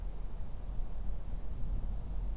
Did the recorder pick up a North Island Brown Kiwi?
no